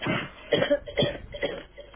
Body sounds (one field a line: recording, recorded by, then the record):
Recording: voluntary cough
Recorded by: telephone call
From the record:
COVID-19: positive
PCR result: checked with the laboratory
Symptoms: yes